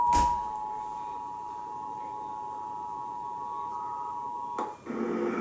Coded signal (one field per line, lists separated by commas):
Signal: Emergency Alert System (SAME) tones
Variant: 853 and 960 Hz attention tone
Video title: 100 Radio Test! RMTs and RWTs from 6/16/21 (EAS 5092-5108)